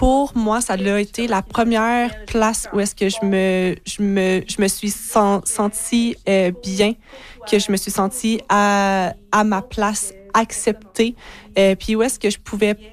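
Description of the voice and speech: Adult woman speaking French with repeated word chains, stretched vowels and tense pauses: stuttering, present since age six, disrupting otherwise fluent speech.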